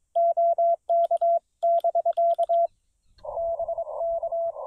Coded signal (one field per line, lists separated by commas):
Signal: Morse code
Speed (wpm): 22 wpm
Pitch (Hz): 690 Hz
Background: none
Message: OK<BK> BK